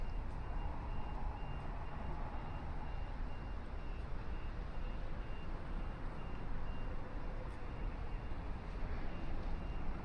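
A city morning along a river walk in downtown Chicago, filled with a steady, dense rumble of traffic and engines. A faint constant tone sits above the roar throughout, and the level stays even with no distinct events standing out.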